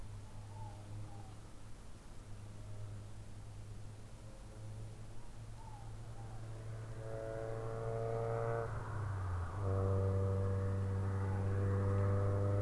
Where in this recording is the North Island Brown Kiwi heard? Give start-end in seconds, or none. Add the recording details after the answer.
none. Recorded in New Zealand on 14 December 2015. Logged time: 00:43. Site CG68